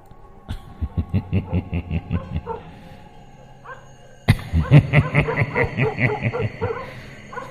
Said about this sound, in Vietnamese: Ở đầu xóm, tiếng chó cắn ma lại nhấm nhẳng vang lên lẫn trong cái tiếng cười ma mị.